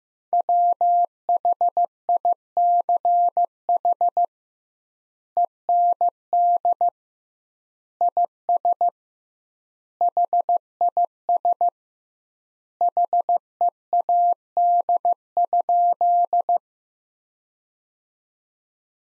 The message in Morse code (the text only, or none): WHICH END IS HIS HEAD?